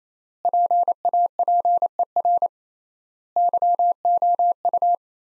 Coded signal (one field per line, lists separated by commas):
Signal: Morse code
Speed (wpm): 28 wpm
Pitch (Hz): 700 Hz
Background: none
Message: PAPER YOU